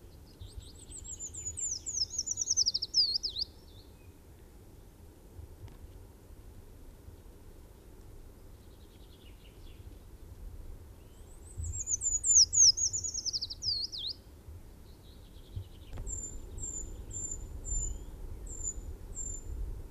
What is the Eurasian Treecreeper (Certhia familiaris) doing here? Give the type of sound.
song